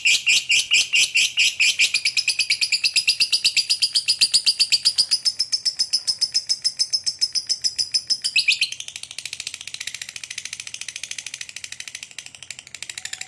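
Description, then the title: Lovebird chattering: a long, fast, pulsing stream of shrill chirps, loud at first, shifting after eight seconds to a softer, hissy, rapid twitter. Lovebird said to be very clever at 'memancing', baiting other birds into calling. "Dari Gayanya Lovebird Ini Terlihat Pintar Sekali Memancing"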